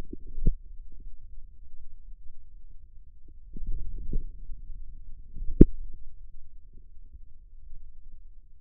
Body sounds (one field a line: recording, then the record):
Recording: forearm muscle sounds (acoustic myography)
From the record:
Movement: outward rotation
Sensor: system 2, bracelet of six BSWA MPA416 microphones around the upper forearm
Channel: 1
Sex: male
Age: 22 years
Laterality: right